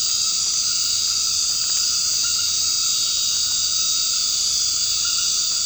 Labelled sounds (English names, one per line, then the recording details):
none
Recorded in secondary vegetation near Puerto Asís, Putumayo, Colombia, on 24 March 2025 at 20:30
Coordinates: 0.502, -76.326
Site G100